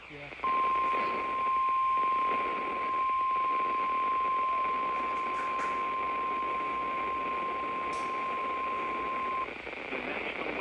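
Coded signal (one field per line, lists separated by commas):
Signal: Emergency Alert System (SAME) tones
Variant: 1050 Hz attention tone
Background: speech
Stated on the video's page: Real severe weather alerts from weather radio.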